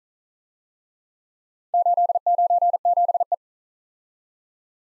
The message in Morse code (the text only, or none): 897E